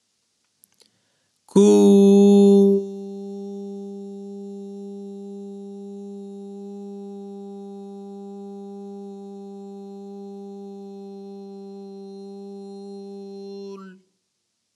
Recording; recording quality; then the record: sustained vowel as in boot; excellent, no background noise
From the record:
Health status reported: healthy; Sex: male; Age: 42 years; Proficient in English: yes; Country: India